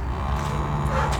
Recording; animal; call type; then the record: contact call of a hoofed animal; cattle; low-frequency (closed-mouth) or high-frequency (open-mouth) call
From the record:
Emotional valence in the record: negative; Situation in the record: full separation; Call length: 1.20 s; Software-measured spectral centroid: 2170 Hz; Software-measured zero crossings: 1230 a second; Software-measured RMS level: -24 dBFS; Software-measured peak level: -11 dBFS